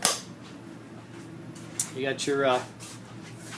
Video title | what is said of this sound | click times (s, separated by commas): Pinnacle16 | All you do with this, you pull that, locks in place. | 0.1 s